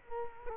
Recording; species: mosquito wingbeat signal from an infrared sensor; Culex quinquefasciatus